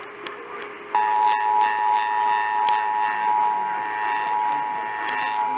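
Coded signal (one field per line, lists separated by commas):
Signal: Emergency Alert System (SAME) tones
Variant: 853 and 960 Hz attention tone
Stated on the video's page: Received EAS tests, including Required Weekly Tests.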